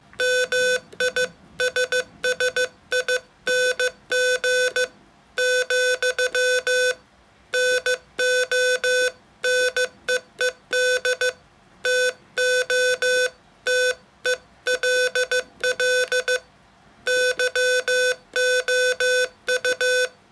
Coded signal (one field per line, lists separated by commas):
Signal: Morse code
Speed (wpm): 15 wpm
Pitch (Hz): 500 Hz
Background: none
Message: MISSING , NO NEED TO TELL YOU